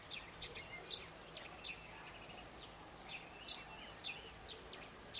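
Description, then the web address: Birds chirping: short, high, bright notes repeated throughout over a soft background hiss. "cianscape birddata Deverinetal 2025 Bird Only Co Pa"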